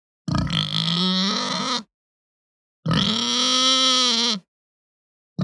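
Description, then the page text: Hampshire pig giving drawn-out, harmonic grunting moans, each about one and a half seconds long, repeated about every two and a half seconds. Long grunt and moan that ramps up. "Hampshire Pig Grunt Moan Ramp Up Long. Quick Sounds"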